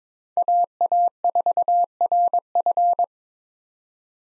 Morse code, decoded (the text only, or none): AA4RF